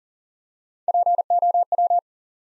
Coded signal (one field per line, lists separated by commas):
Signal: Morse code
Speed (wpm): 40 wpm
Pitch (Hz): 700 Hz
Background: none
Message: POW